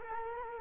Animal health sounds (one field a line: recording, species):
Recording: mosquito wingbeat signal from an infrared sensor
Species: Culex quinquefasciatus